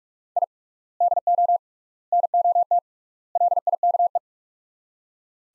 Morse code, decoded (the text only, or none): I DO NOT LIKE